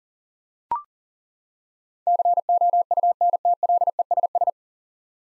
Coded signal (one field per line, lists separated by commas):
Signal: Morse code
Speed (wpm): 40 wpm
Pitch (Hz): 700 Hz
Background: none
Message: COUNTLESS